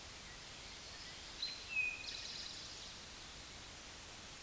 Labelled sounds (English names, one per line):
Eastern Towhee song